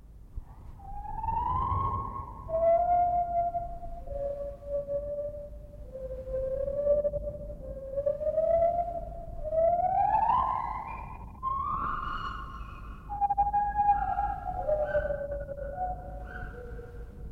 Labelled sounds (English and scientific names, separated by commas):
Lar Gibbon (Hylobates lar)